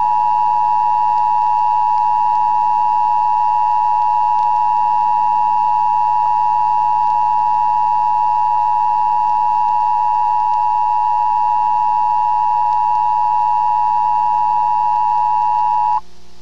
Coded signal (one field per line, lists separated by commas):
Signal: Emergency Alert System (SAME) tones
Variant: 853 and 960 Hz attention tone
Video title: Evolution of Emergency Broadcast System tests (1980-1996)